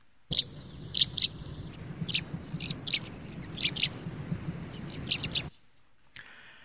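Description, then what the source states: Greater short-toed lark calls: short, dry, high chirps given singly or in quick pairs, irregularly over about five seconds, with low rumbling background noise. Call of a migrant that may be heard in the UK.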